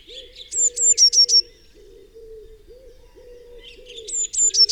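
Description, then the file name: Eurasian blue tit phrase of high notes and a quick trill, heard twice, while a dove keeps cooing in low rounded notes throughout. "Cyanistes caeruleus"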